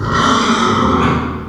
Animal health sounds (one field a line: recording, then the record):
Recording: squeal of a Yucatan mini pig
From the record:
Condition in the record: after surgery on the right vocal fold (resection and tissue-engineered implant)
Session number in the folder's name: 15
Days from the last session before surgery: 175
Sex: female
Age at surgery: 19 weeks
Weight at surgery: 25 kg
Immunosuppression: prednisolone